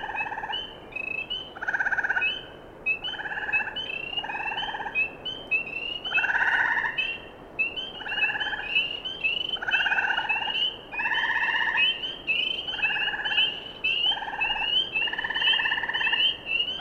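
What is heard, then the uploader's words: A wetland evening chorus of frogs, with spring peepers giving a dense, steady stream of short, high chirps throughout. Lower, buzzy trills from gray tree frogs repeat roughly every second or two, overlapping one another, over a soft constant hiss. Wetland evening chorus. Common Yellowthroat and birds in background include Swainson's Thrush, Chipping Sparrow. Recorded at old (abandoned) Ice Rink Wetland. Schoodic division, Acadia National Park. Frogs include a Green Frog. Spring Peepers, and Gray Tree Frogs.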